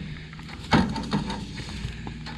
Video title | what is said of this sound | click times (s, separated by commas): SkyReat Sunshade For DJI Mini 2, Mavic Air 2 & Air 2S Remote - REVIEW & Set Up | I don't feel like it's in the pin. | none